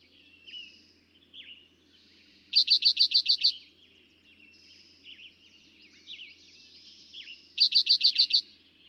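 Eastern towhee song: a rapid series of about seven high, clear notes repeated after five seconds, with many other birds singing in the background.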